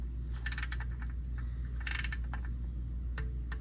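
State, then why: Torque reached. A torque wrench on a 3/8 inch extension, set to 10 foot-pounds, is turned on the oil filter housing drain plug, making bursts of ratcheting clicks over a steady low hum. It gives its sharp torque click at 3.2 s, confirming the plug is tightened to 10 ft-lb with little tightening needed.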